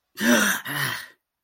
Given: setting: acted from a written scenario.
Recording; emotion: vocal sound without words; pain